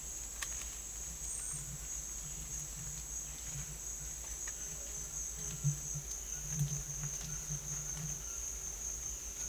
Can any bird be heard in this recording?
no